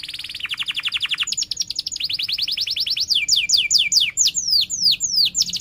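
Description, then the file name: Canary song: fast rolling trills shifting through several pitches, then a series of loud, sweeping downward whistled notes, clear and continuous. Canary in strong continuous singing (gacor), with cuit-cuit chirps and a sharp rolling (ngerol tajam) song style. "Suara Kenari Gacor Cuit Cuit Ngerol Tajam"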